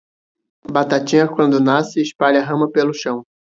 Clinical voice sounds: short text; Brazilian Portuguese; male; 20 to 29 years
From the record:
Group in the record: control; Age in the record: 24 years

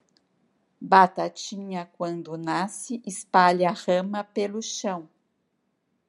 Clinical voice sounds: short text; Brazilian Portuguese; female; 60 to 69 years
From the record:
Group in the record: control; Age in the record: 60 years

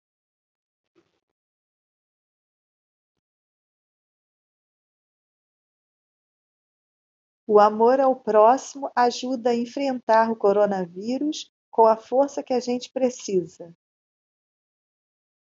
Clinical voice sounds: spoken sentence; Brazilian Portuguese; female; 50 to 59 years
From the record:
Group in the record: control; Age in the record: 57 years

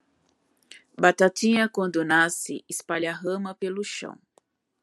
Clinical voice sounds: short text; Brazilian Portuguese; female; 40 to 49 years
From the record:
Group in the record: control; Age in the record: 44 years

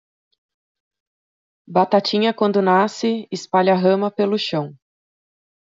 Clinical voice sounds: short text; Brazilian Portuguese; female; 30 to 39 years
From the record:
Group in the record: control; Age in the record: 37 years

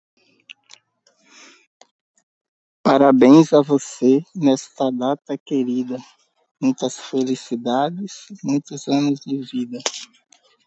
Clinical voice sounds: short text; Brazilian Portuguese; male; 50 to 59 years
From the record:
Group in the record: control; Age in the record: 55 years

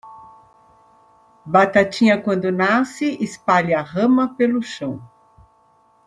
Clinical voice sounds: short text; Brazilian Portuguese; female; 60 to 69 years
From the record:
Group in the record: control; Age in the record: 62 years

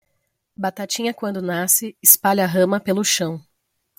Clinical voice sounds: short text; Brazilian Portuguese; female; 30 to 39 years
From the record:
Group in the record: control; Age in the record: 30 years

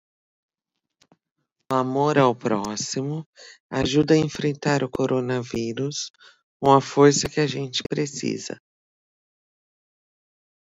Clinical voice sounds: spoken sentence; Brazilian Portuguese; female; 40 to 49 years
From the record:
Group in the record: control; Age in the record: 42 years

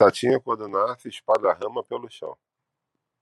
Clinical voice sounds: short text; Brazilian Portuguese; male; 40 to 49 years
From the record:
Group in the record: control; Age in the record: 46 years

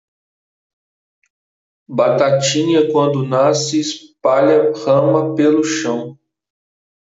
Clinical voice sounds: short text; Brazilian Portuguese; male; 30 to 39 years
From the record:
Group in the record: control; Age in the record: 36 years

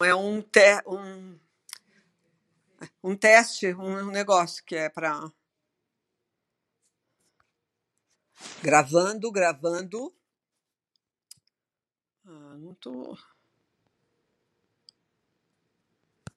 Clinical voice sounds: spoken sentence; Brazilian Portuguese; female; 70 to 79 years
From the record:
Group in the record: control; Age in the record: 73 years

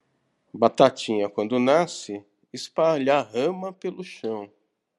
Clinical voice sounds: short text; Brazilian Portuguese; male; 50 to 59 years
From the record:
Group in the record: control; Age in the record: 52 years

